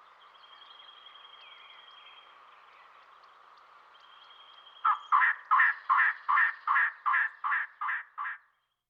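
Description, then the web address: Elegant trogon calls: after a quiet stretch with a faint thin whistle, a steady series of about ten harsh, croaking notes, fading slightly at the end. Western North America. "Dan Gibson Wildlife Identification By Sound, Western North America. Elegant Trogan"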